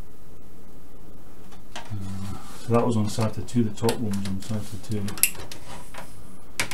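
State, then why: Seated. Someone talks while a female SATA data cable plug is pushed onto a male SATA port on a drive or motherboard. A sharp click at 6.6 s marks the connector clipping in and seating.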